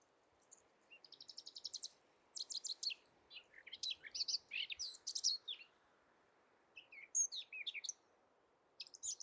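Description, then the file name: Eurasian blackcap singing, opening with a quick trill, then jumbled scratchy and sweet warbled notes, pausing and resuming briefly near the end. "Sylvia atricapilla"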